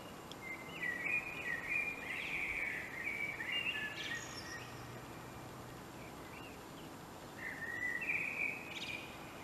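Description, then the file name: Common blackbird song: a long mellow warbled phrase ending in a high twitter, then a pause and a second shorter phrase. "Turdus merula"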